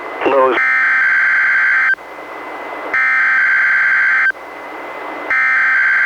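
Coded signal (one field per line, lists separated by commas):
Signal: Emergency Alert System (SAME) tones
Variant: header bursts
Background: speech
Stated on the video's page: NWR Required Weekly Test relayed by weather radio station, received on Reecom R-1630 weather radio and recorded through Zoom H1 recorder.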